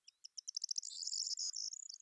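Bird song of very high, rapid chirps, a few spaced notes at first then quickening into a dense twittering trill for the last second and a half.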